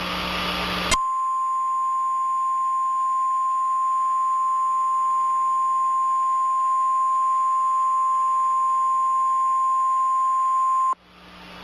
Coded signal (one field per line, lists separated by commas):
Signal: Emergency Alert System (SAME) tones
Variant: 1050 Hz attention tone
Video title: Emergency alert system in Thailand (ไม่ใช่ของจริง)